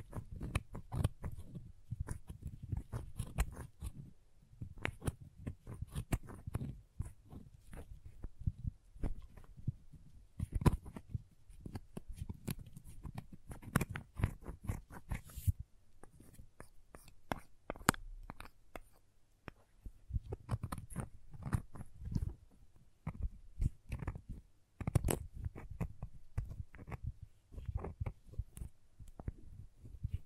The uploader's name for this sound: Crayons Tapping, Carving, Cutting, Drawing Sounds